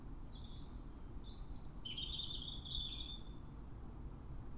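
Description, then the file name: European robin producing a long, thin, high trilling phrase that runs on for over a second after short lead-in notes, over a low background drone. "Erithacus rubecula"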